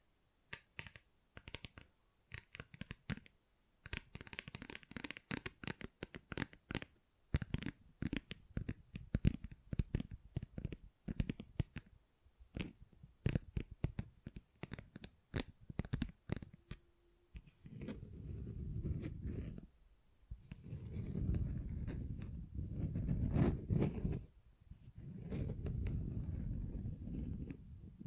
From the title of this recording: Tingly Textures Tapping and Scratching